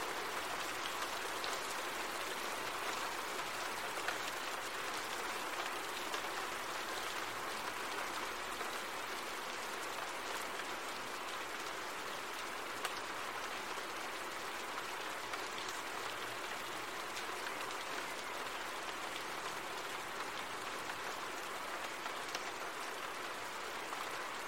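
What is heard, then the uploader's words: Gentle rain falls steadily, a dense, even patter of countless small drops with no pauses or swells. The hiss sits mostly in the middle and upper range, with a faint low rumble underneath, and the level stays constant throughout. Gentle Rain Sounds Calm Rain. The gentle sound of rainfall.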